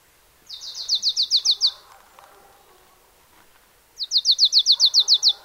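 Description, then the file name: Marsh tit giving rapid, high rattling trills of several even notes, two bursts separated by a pause, with faint lower sounds between them. "Poecile palustris"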